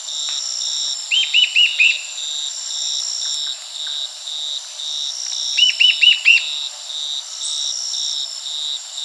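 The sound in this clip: Bird calls in two quick bursts of several arched chirps, over a steady, pulsing insect chorus throughout.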